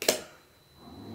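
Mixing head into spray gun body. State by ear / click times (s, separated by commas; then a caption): seated / 0.0 s, 0.1 s. A spray gun's mixing head is turned counterclockwise back to its initial position until the white marks line up, then the black plastic knob is released and the head is moved until it locks into the spray gun body. Two sharp clicks sound at 0.0 s and 0.1 s, followed by quiet room tone. The head is securely fixed.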